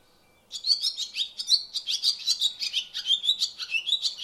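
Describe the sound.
Barn swallow chattering in an unbroken stream of quick, high, warbling chirps and buzzy trills after a short silent start.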